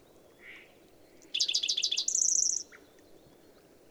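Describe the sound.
Bird song: a soft note, then a run of loud chattering notes flowing into a brief, fast, even, very high trill.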